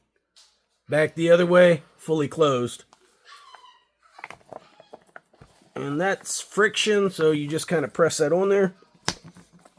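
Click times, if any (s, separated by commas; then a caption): 9.1 s. A friction-fit spout or valve is pressed by hand onto a collapsible water storage container while someone talks. There are a few faint handling taps before it seats with a sharp click at 9.1 s.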